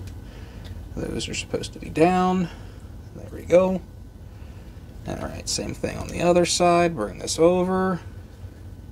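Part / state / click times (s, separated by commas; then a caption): plastic transforming figure part pushed onto its peg and hole on the body / not seated / none. A plastic part of a Transformers Legacy Evolution Bludgeon figure is handled during transformation: the second-side part is brought over to its peg and hole on the body while someone talks, with soft handling noise underneath. Nothing has seated or clicked yet; the clip ends just before the part snaps into place.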